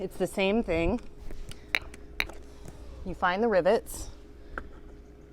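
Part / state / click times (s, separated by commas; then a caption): solar cable connector into the mating connector / seated / 4.6 s. Someone talks while a plastic solar cable connector from a 100-watt panel setup for a Kodiak solar generator is lined up by its rivets and pushed into the mating connector. A few sharp ticks come at about 1.8 s and 2.2 s, then the connector snaps home with a short click at 4.6 s, and it is seated.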